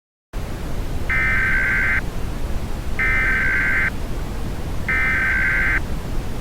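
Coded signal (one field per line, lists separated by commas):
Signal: Emergency Alert System (SAME) tones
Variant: header bursts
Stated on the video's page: Fictional EAS scenario with valid alert tones, including Malaysian and Swiss alert scripts; not real.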